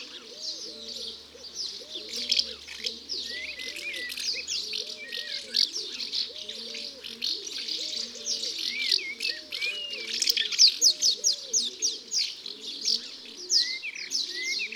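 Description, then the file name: Common house martin song: continuous chattering twitter of quick chirps and short rising notes, over steady low cooing in the background. "Hirondelle de fenetre ABC des chants doiseaux"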